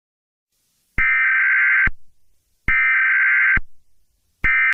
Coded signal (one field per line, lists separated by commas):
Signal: Emergency Alert System (SAME) tones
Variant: header bursts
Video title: THE BEAR - EAS EMERGENCY ALERT SYSTEM